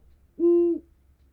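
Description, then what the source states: Great horned owl giving a single deep, steady hoot of under half a second, even in pitch, against a quiet low background. Constant, repeated hooting.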